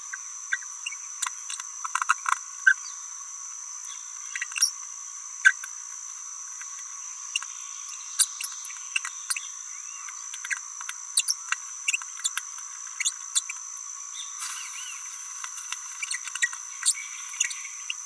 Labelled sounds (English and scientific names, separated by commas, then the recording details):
Green-rumped Parrotlet (Forpus passerinus) babbling
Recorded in a nest box in Venezuela
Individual 18B17A3